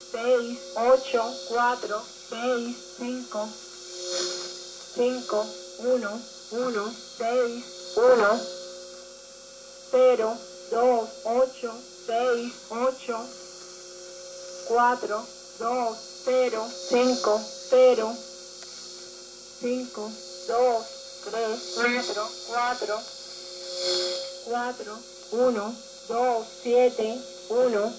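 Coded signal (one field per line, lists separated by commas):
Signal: numbers station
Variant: Spanish language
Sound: short spoken Spanish words, evenly spaced in groups, over a steady electrical hum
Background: mains hum, radio static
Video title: Kenwood R-2000 receiving a spanish numbers station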